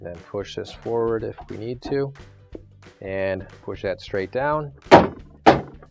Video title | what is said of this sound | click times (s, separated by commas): W10507444 - Replacing Your Maytag Fridge's Lower Freezer Divider - AP5631139, PS3654998 | push that straight down and it snaps into place. | 5.5 s